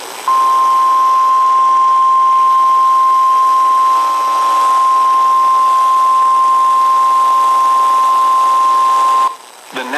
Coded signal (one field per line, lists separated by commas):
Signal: Emergency Alert System (SAME) tones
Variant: 1050 Hz attention tone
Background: speech